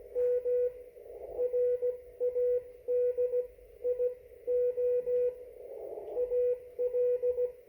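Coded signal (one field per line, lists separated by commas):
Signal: Morse code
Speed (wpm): 17 wpm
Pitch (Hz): 490 Hz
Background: radio noise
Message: M RADIO AL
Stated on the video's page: CQ call and CW conversation at 1 watt on the 30 meter band between southwest Ohio and northern Wisconsin, 519 miles apart.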